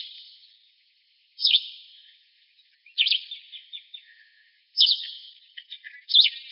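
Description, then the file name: Gray vireo giving harsh, rasping calls, four separate notes spaced one to two seconds apart, with softer scratchy chatter trailing between them. Arizona, 29 June 2007. "VGVI Pollock"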